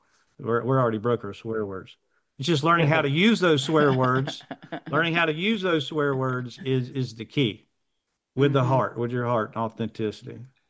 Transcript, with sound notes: we're already broke our swear words. It's just learning how to use those swear words-
(laughs)
Learning how to use those swear words is, is the key, with the heart.
Mm-hmm.
With your heart and authenticity.